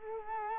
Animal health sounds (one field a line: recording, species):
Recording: mosquito wingbeat signal from an infrared sensor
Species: Culex quinquefasciatus